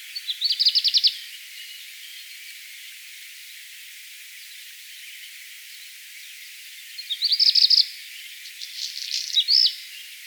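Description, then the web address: Black redstart song in two bursts: a fast high rattle, several seconds of quiet, then another rattle with scratchy notes and a whistled ending. "vogelstimmen hausrotschwanz gesang nabu lars lachmann"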